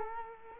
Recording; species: mosquito wingbeat signal from an infrared sensor; Culex quinquefasciatus